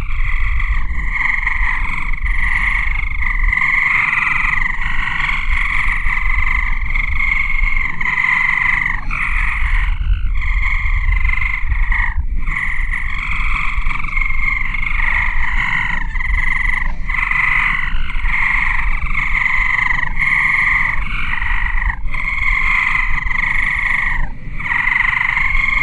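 Electronic crickets chirr in a dense, continuous buzz, a bright trilling band that pulses rapidly with short breaks every second or two. The level stays steady throughout, over a low rumble underneath.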